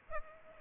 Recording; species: mosquito wingbeat signal from an infrared sensor; Aedes aegypti